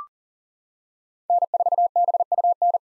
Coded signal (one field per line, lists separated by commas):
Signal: Morse code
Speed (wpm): 40 wpm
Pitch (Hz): 700 Hz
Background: none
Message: N4BUN